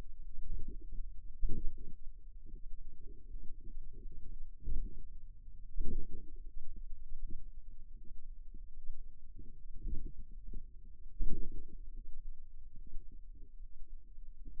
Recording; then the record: forearm muscle sounds (acoustic myography)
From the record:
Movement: finger pinch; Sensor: system 2, bracelet of six BSWA MPA416 microphones around the upper forearm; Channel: 3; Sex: female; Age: 23 years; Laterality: right